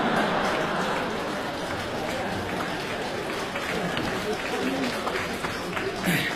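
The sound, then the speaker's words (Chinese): A steady wash of audience applause, dense and continuous clapping at a fairly even loudness throughout, with a brief swell near the end. “鼓掌的家里都有138条腿裤子啊？”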